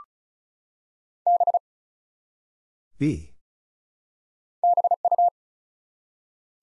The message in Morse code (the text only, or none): B BU